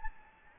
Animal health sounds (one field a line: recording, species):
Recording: mosquito wingbeat signal from an infrared sensor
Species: Anopheles gambiae